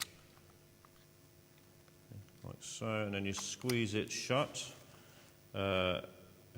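A loaded film insert for a Bronica EtRS 6x4.5 medium format camera is fitted into the film back, with its coupler going through a slot, and lined up before being squeezed shut. Faint handling clicks and rustles are heard while someone talks. Nothing has seated or clicked yet.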